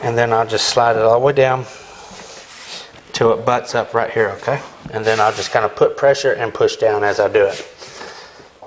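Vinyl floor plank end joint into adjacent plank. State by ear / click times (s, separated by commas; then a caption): not seated / none. Someone talks while sliding a LifeProof rigid-core vinyl floor plank along the track of the adjacent plank until its end butts up, then begins pressing down so the drop-and-lock end joint can engage. Only faint handling sounds sit under the voice, and nothing has seated or clicked yet by the end of the clip.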